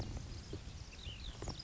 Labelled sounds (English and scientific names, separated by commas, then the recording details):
Ash-throated Flycatcher (Myiarchus cinerascens)
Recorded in Sonoma County, California